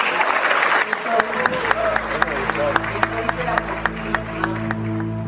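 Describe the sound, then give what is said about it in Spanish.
A young audience of youths applauds a speaker's remark steadily for several seconds, a dense patter of many hands clapping with a few sharper claps standing out, over a low steady hum and faint crowd murmur. “Ahí está, … quiso defenderse mientras los chicos aplaudían, dijo, no es que yo piense eso, pero ahí estaba el aplauso de los chicos.”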